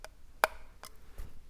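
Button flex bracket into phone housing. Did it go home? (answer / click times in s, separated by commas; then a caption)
yes / 0.4 s. The volume/power button bracket and flex of an iPhone 8 Plus are pressed down against the physical button in the phone's metal frame so the bracket aligns. A faint tick comes at 0.0 s, a sharp, bright click at 0.4 s, and another faint tick at 0.8 s, followed by a soft low bump near 1.2 s. The bracket clicks into place and is seated at 0.4 s.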